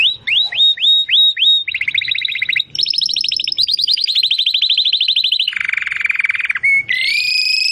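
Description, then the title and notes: Domestic canary giving quick rising whistles, then a series of fast trills at changing pitches, a low buzzy roll and a final high sliding note. Belgian canary (Canário Belga), titled 'Campainha' (bell), singing. "Canário Belga Campainha Canary Singing. Canario Belga Cantando"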